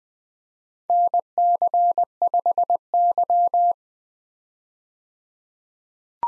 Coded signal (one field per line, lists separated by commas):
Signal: Morse code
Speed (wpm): 21 wpm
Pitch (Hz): 700 Hz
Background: none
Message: NC5Y